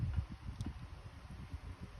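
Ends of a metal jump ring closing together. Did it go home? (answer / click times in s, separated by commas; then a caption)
no / none. The two ends of a metal jump ring are wiggled back and forth with chain nose and bent nose pliers, making soft, low, rustling handling noise with a brief faint tick partway through. Nothing has clicked or seated yet, and the ring is not yet closed.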